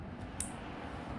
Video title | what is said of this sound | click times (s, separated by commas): Audi 4000 S Quattro Wiring Repair (PART 4) | and for the satisfying click | 0.4 s